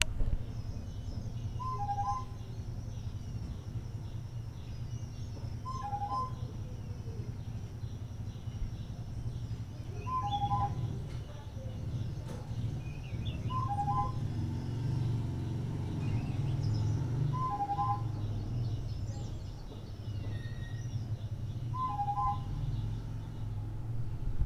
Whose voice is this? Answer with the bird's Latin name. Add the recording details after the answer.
Laniarius major. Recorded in Lake Mburo, Uganda